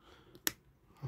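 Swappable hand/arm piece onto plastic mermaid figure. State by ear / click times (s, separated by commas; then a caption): seated / 0.5 s. A swappable hand or arm piece is pressed from above onto a plastic mermaid action figure from Pirates of the Caribbean. A faint tap at 0.4 s is followed by a sharp, bright click at 0.5 s as the piece snaps into place and is seated.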